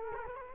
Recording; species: mosquito wingbeat signal from an infrared sensor; Culex quinquefasciatus